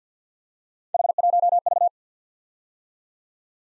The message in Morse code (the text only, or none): H1V